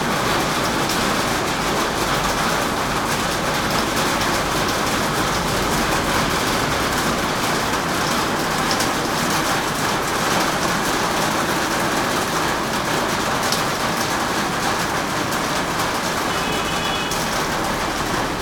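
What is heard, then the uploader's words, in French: Monsoon rain in Shaoguan pours down in a steady, dense hiss, unbroken for the whole stretch, with a low rumble underneath throughout. La mousson à Shaoguan.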